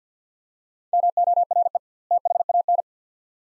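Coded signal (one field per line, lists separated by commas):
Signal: Morse code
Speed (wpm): 50 wpm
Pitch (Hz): 700 Hz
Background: none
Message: MORE THAN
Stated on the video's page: Two-word Morse phrases at 50wpm with 2x word spacing, a Farnsworth-like practice drill for head-copy; each set is sent, then spoken.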